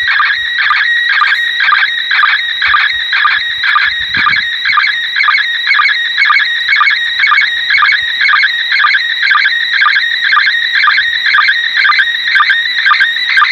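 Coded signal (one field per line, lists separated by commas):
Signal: SSTV (slow-scan television)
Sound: warbling, scratchy tone sweeping up and down, with a short low chirp twice a second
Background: radio static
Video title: ISS SSTV, 14:20.21 JULY 2017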